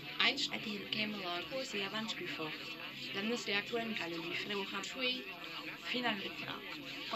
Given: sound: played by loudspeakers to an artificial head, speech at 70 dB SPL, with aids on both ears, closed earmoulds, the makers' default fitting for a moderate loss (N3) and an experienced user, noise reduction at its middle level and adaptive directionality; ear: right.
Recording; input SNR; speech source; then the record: speech test signal (ISTS) in cocktail-party noise; +6 dB; in front (0 degrees)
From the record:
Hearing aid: class 1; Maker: D